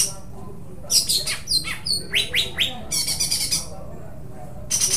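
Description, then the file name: Greater green leafbird song mixing buzzy rattling bursts with a run of several sharp falling whistled notes, then more dry rattles. Cucak hijau song with tembakan phrases and parakeet-style besetan phrases, from an Indonesian bird-training recording (omkicau). "cucak hijau dengan tembakan dan besetan parkit"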